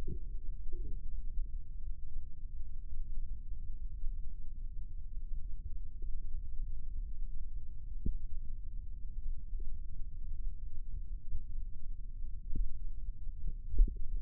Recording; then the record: forearm muscle sounds (acoustic myography)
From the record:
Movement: rest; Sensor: system 2, bracelet of six BSWA MPA416 microphones around the upper forearm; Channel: 6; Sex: male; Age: 22 years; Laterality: right